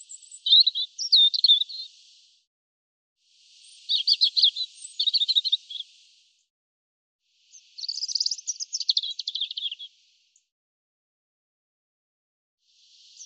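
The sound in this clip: European robin singing three separate high warbling phrases, each about two to three seconds long, mixing thin whistles and quick fluttering notes, with pauses between them and a fourth phrase beginning at the end.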